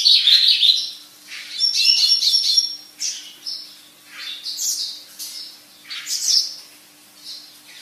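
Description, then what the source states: Javan bush lark song in separate bursts: high, scratchy, varied phrases, some rising and some falling, broken by short pauses. Lure song used to bring on singing in a Javan bush lark that has stopped singing.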